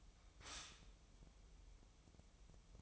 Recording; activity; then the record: daily activity, microphone in the room; stop toaster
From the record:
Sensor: 1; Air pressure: 988.6 hPa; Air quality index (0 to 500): 197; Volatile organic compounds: 955 ppm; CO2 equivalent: 5248 ppm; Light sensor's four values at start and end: 25/95/36/37 and 25/95/36/37